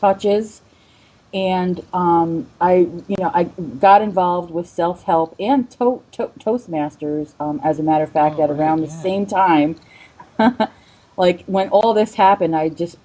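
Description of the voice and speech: An adult woman speaks with stuttering: stretched opening sounds and part-word repetitions such as "to-to-to-Toastmasters." She has stuttered since age five, for about 40 years, and hid it for many years.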